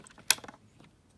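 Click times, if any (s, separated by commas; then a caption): 0.3 s. A plastic brick attachment on a LEGO 60245 City Police Monster Truck Heist set is pushed on until it seats with one sharp, bright click at 0.3 s. A softer tick follows at about 0.5 s, and a few light plastic rattles trail off. The part clicks on and is seated.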